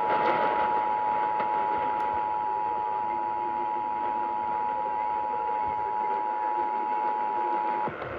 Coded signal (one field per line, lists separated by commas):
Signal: Emergency Alert System (SAME) tones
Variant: 853 and 960 Hz attention tone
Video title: Stop Doing Weeklies WJR!! EAS Tests From June 20-21, 2023